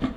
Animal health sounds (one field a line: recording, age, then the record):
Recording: pig call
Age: growing-finishing pig (85 days or more)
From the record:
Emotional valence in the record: negative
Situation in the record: barren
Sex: female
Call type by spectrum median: low-frequency call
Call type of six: low-frequency tonal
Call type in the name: low-frequency stable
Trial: 3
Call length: 0.16 s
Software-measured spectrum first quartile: 222 Hz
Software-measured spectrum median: 318 Hz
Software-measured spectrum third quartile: 969 Hz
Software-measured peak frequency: 256 Hz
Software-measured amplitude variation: 219 dB a second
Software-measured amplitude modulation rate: 15.3 a second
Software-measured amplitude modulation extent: 14.3 dB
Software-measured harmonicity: 4.3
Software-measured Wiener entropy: -1.21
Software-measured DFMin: 982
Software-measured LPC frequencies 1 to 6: 279, 1170, 1963, 3206, 3562, 4399 Hz